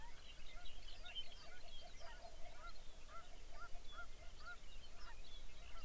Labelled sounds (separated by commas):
songbird, waterfowl, grouse or ptarmigan